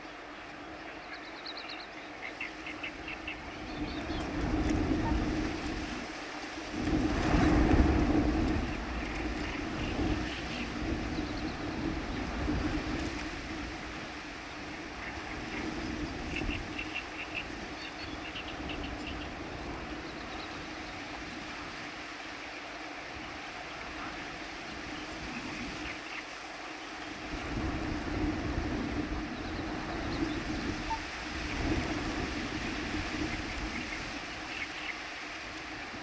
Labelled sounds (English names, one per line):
Little Crake song